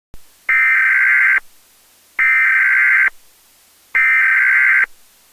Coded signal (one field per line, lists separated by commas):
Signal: Emergency Alert System (SAME) tones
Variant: header bursts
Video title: EAS Scenario: Animal Mayhem